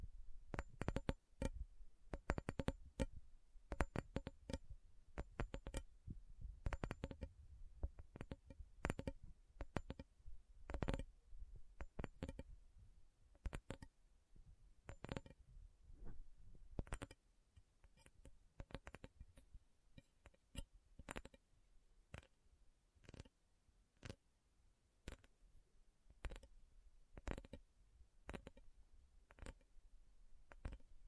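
Slow tapping on metal, with sharp clicking strikes arriving one or two at a time at an unhurried, slightly irregular pace for the full half minute. Each tap is brief and crisp. A low rumble underlies the busier first fifteen seconds, then thins out.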